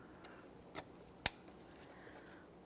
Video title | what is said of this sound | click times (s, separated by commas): How to Replace Coolant Temperature Sensor 2010-2013 Kia Forte Koup 2.4L L4 | listen for a click | 1.3 s